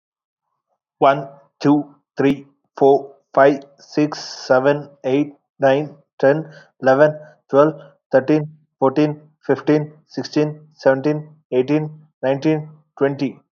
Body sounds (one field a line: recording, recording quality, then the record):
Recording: counting at a normal pace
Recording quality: excellent, no background noise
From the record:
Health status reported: COVID-19 positive, mild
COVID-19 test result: positive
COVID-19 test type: RT-PCR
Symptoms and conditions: cold, sore throat, fever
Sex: male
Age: 24 years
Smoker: no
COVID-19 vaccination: both doses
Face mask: not worn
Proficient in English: no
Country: India